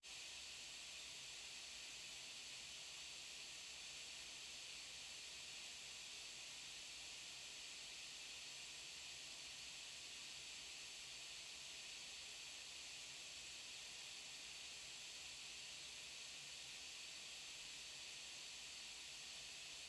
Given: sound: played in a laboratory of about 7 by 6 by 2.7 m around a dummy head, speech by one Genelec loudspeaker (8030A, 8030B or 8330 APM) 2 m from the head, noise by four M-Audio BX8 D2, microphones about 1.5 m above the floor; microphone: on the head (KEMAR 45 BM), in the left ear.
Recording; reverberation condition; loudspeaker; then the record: white noise; low; four, about 170 cm from the corners of the room and facing them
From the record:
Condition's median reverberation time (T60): about 310 ms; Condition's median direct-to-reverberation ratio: about 3.5 dB